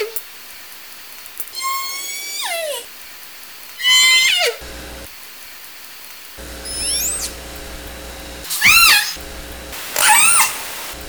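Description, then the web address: Killer whale pulsed calls, several harmonic bursts that sweep downward or rise then fall, spaced irregularly throughout, with a steady underwater hum in between. Southern Resident killer whale calls. "SRKW Orca Calls"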